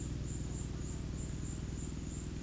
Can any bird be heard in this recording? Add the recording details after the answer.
no. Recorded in pastures near Puerto Asís, Putumayo, Colombia, on 19 March 2025 at 10:30. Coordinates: 0.505, -76.324. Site GP08